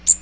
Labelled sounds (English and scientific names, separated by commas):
Magnolia Warbler (Setophaga magnolia) flight call